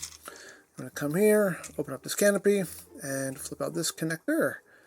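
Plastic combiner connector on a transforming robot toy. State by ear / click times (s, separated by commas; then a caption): not seated / none. Someone talks while opening a canopy and flipping out a plastic combiner connector on a transforming robot toy, with two faint handling ticks near 0.2 and 0.3 seconds. The clip ends before the connector locks into place, so nothing has seated or clicked yet.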